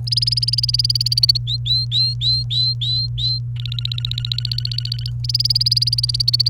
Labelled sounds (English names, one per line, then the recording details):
Domestic Canary song
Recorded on 29 April 2018 at 09:04
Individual llb3